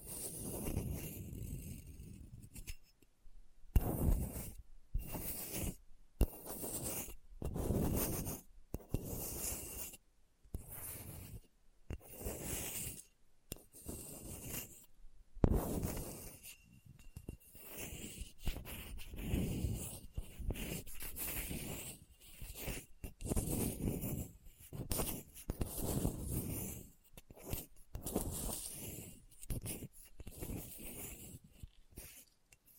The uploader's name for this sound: Hard and Bumpy Surface Scratching